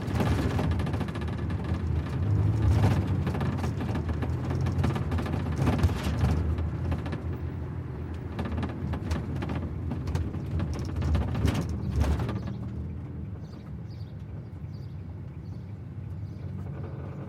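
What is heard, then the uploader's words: Inside a cab on the move, a dense low road rumble carries scattered knocks and clicks, easing into a quieter, steadier hum after twelve seconds. Morning Cab to the NICU.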